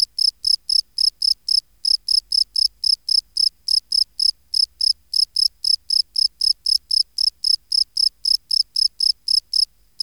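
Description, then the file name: Field cricket singing a long series of sharp, high chirps at a fast pace, with a few short gaps. "Gryllus campestris"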